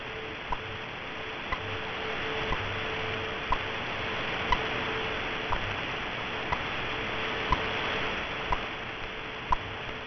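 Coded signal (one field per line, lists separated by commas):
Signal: radio time signal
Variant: BPM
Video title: BPM Chinese Academy of Sciences 10000 kHz - Xian (CHN) - 2023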